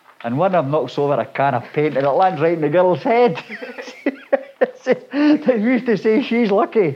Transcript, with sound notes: and one of them knocks over a can of paint, and it lands right on the girl's head [both laugh] and, who's to say she's lucky!